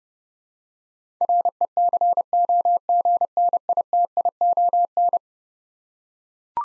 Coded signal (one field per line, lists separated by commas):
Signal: Morse code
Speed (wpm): 32 wpm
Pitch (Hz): 700 Hz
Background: none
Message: RECOGNITION